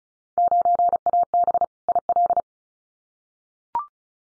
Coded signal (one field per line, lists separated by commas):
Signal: Morse code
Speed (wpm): 34 wpm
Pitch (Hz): 700 Hz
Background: none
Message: 9AB IL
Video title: Field Day Exchange Encore 35wpm